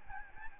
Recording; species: mosquito wingbeat signal from an infrared sensor; Aedes albopictus